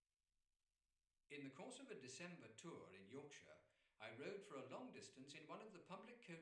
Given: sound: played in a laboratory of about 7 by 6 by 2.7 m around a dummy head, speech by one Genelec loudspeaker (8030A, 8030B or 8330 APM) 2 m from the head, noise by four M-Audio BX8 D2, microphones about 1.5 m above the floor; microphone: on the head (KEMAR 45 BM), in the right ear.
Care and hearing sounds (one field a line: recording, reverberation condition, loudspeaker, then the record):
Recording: male speech in English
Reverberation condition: medium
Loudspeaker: 60 degrees to the right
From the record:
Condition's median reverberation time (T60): about 510 ms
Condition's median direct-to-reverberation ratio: about -0.5 dB